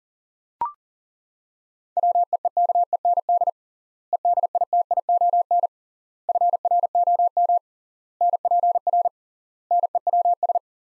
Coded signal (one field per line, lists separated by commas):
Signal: Morse code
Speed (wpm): 40 wpm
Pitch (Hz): 700 Hz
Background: none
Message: WEEKEND EDITION FROM NPR NEWS